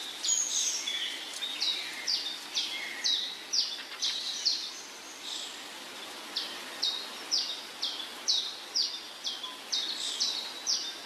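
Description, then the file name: Bird trilling song made of crisp high chirps repeated steadily, roughly two per second for most, with some lower notes early on and a background hiss. Trills and songs of birds in the morning. "Sons d oiseaux - Trilles et chants du matin"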